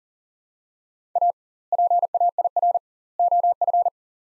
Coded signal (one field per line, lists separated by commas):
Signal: Morse code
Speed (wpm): 40 wpm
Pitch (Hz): 700 Hz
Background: none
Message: A PAIR OF